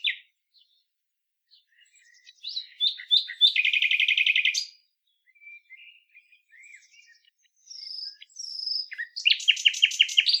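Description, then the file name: Common nightingale delivering a few sharp notes that build into a rapid rattling trill, then soft whistles and another burst of repeated notes. "Luscinia megarhynchos"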